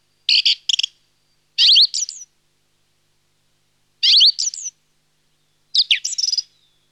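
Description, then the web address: Song thrush song: a quick double note, then a fluty phrase with a trill that is repeated almost exactly, followed by another whistled phrase, with pauses between. "Laulurastas. nauhalaisen aanimaailmat"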